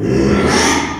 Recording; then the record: squeal of a Yucatan mini pig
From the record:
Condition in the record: after surgery on the right vocal fold (resection and tissue-engineered implant); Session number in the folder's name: 3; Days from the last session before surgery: 33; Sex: male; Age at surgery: 12 weeks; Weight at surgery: 13 kg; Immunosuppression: cyclosporine, prednisolone